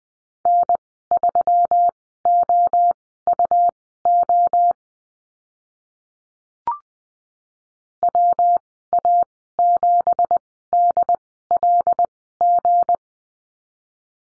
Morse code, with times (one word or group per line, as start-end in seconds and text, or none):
0.5-4.7 N3OUO
8.0-13.0 WA7DLG